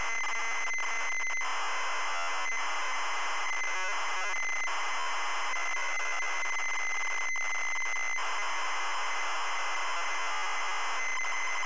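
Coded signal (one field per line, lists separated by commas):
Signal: ZX Spectrum tape loading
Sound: continuous harsh buzzing, screeching data noise with a steady high whine throughout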